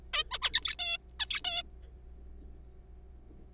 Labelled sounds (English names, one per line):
Zebra Finch